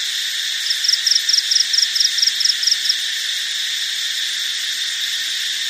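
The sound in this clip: Cricket giving a single burst of about ten quick, high ticking pulses, then only the steady insect hum continues.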